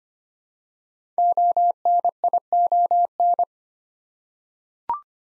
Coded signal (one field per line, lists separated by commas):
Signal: Morse code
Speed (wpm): 25 wpm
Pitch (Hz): 700 Hz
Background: none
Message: ONION